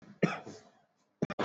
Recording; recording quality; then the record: shallow voluntary cough; moderate, slight background noise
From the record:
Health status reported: exposed to COVID-19, no respiratory illness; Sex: male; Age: 31 years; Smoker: yes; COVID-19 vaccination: both doses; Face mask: worn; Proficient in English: yes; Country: India